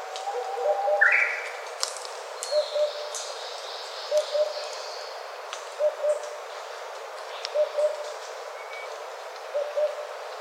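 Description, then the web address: Oriental cuckoo uttering regular low double hoots about every one and a half to two seconds; another bird gives a brief sharp call early on. Recorded on 4 June 2013. "birdenaga tutudori 130604"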